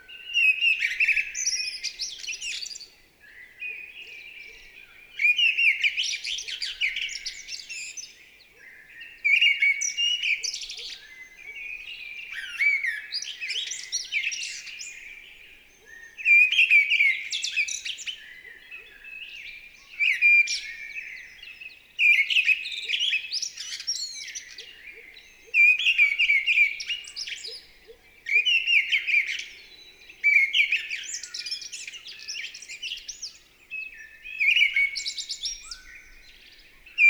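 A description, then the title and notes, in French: A mistle thrush sings in repeated bright, fluty phrases about every two to three seconds, separated by short silences, with a quiet background. UNE DRAINE ENCHANTEE. Val Maravel - nagra LB - stéréo - mkh40. Voici la belle Grive draine (Turdus viscivorus) dans toute sa ferveur vocale.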